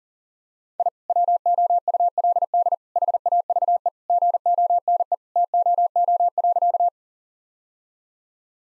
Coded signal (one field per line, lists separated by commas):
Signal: Morse code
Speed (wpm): 37 wpm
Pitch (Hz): 700 Hz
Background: none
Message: I WOULD HAVE GONE TOO.